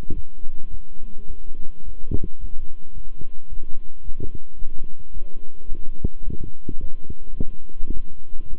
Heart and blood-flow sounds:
heart sounds by stethoscope; between the tricuspid and mitral areas; 108 bpm
0.14 s: heartbeat
0.70 s: heartbeat
1.26 s: heartbeat
1.83 s: heartbeat
2.39 s: heartbeat
2.93 s: heartbeat
3.49 s: heartbeat
4.03 s: heartbeat
4.57 s: heartbeat
5.12 s: heartbeat
5.68 s: heartbeat
6.23 s: heartbeat
6.79 s: heartbeat
7.36 s: heartbeat
7.92 s: heartbeat
8.49 s: heartbeat
From the record:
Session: walking at 3.7 km/h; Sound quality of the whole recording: good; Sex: male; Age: 26 years

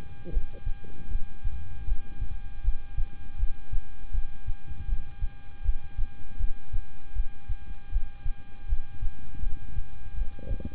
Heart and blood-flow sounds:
heart sounds by stethoscope; between the tricuspid and mitral areas; 79 bpm
0.30 s: heartbeat
1.08 s: heartbeat
1.85 s: heartbeat
2.62 s: heartbeat
3.37 s: heartbeat
4.11 s: heartbeat
4.86 s: heartbeat
5.62 s: heartbeat
6.37 s: heartbeat
7.13 s: heartbeat
7.90 s: heartbeat
8.66 s: heartbeat
9.40 s: heartbeat
10.15 s: heartbeat
From the record:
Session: rest, lying down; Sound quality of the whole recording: good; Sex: male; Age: 26 years

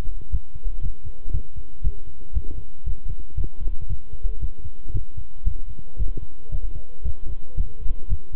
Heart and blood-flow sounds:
heart sounds by stethoscope; between the tricuspid and mitral areas; 116 bpm
0.32 s: heartbeat
0.83 s: heartbeat
1.33 s: heartbeat
1.84 s: heartbeat
2.35 s: heartbeat
2.86 s: heartbeat
3.37 s: heartbeat
3.89 s: heartbeat
4.41 s: heartbeat
4.94 s: heartbeat
5.46 s: heartbeat
5.99 s: heartbeat
6.52 s: heartbeat
7.05 s: heartbeat
7.57 s: heartbeat
8.10 s: heartbeat
From the record:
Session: walking at 3.7 km/h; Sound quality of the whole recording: good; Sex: male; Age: 25 years

